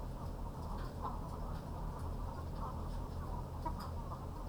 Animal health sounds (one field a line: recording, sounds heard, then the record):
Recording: poultry house recording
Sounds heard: sick chickens (respiratory disease)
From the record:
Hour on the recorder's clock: 0